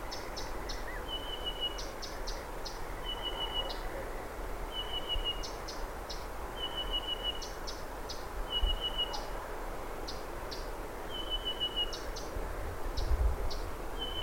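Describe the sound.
Blyth's Reed Warbler song of clustered sharp clicks and brief buzzy notes, repeated in a steady, unhurried rhythm over a low rumbling background.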